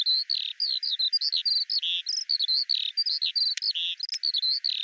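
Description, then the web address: Eurasian skylark song, a fast unbroken stream of short buzzy trills and chirps, each note repeated briefly before switching to the next. "Deverinetal 2025 File cleaned normalized Bird Al Ar"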